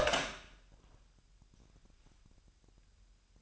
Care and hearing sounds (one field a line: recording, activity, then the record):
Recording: daily activity, microphone in the room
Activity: open door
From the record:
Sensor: 2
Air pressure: 998.3 hPa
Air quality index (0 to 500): 138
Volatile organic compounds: 4 ppm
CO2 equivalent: 1558 ppm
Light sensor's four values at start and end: 12/35/14/14 and 12/35/14/14